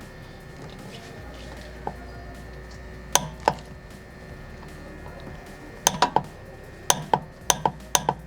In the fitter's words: escuchan ese pequeño clic amigos